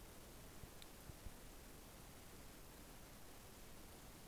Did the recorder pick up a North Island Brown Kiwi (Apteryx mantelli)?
no